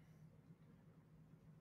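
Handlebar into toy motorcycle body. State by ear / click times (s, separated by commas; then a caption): not seated / none. A loose handlebar is pressed against the body of a small collectible toy motorcycle, and only a low steady hum with faint shuffling is heard. Nothing has clicked or seated; the handlebar is broken and will need super glue.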